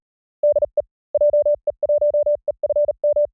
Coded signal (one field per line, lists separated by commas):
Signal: Morse code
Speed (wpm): 37 wpm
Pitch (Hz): 590 Hz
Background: none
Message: DE JE1EFM